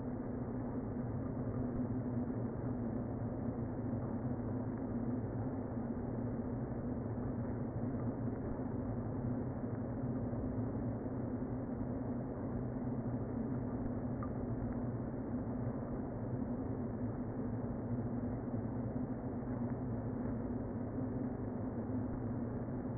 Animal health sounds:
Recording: honeybee colony, microphone inside the hive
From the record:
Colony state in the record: queen present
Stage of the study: before two queens were removed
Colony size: about 60,000 bees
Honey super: yes

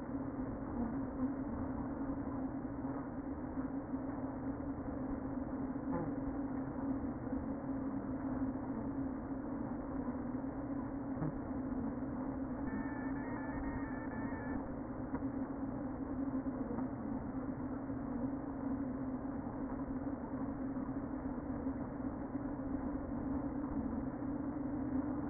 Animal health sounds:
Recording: honeybee colony, microphone inside the hive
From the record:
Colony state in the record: queen present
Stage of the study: before two queens were removed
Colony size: about 60,000 bees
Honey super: yes

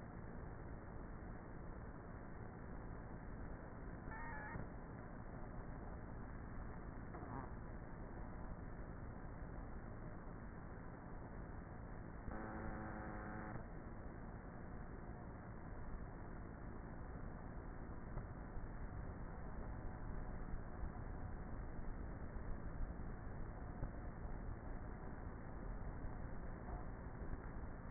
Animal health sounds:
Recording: honeybee colony, microphone inside the hive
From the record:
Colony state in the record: queenless with a low population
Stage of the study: before two queens were removed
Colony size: about 30,000 bees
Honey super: no

